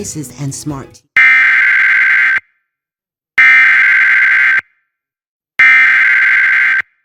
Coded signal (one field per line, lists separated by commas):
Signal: Emergency Alert System (SAME) tones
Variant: header bursts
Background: speech